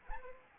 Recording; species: mosquito wingbeat signal from an infrared sensor; Anopheles arabiensis